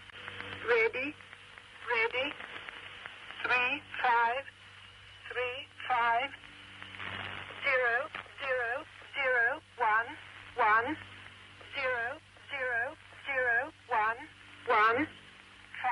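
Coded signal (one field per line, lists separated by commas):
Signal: numbers station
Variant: Ready Ready, English female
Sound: a female voice reading short single words, evenly spaced, over a narrow radio channel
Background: low hum, radio hiss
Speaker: here's a recording of a station called ready ready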